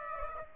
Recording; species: mosquito wingbeat signal from an infrared sensor; Aedes aegypti